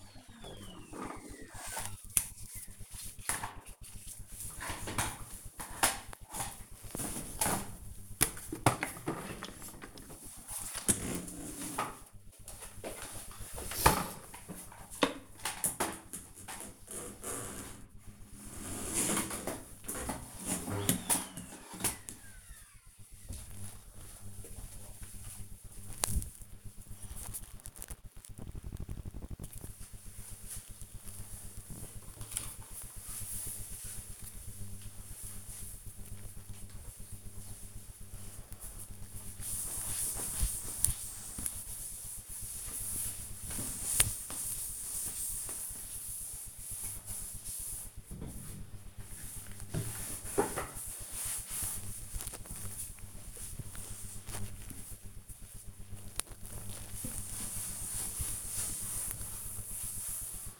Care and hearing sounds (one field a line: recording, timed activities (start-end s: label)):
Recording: household activities, microphone on the right wrist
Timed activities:
36.33-60.60 s: cleaning table